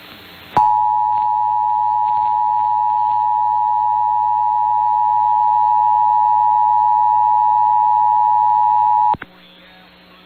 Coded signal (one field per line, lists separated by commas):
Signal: Emergency Alert System (SAME) tones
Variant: 853 and 960 Hz attention tone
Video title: EAS Required Monthly Test South Dakota Statewide +WeatherSTAR4000 (KBRK Brookings, SD)